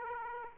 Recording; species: mosquito wingbeat signal from an infrared sensor; Aedes aegypti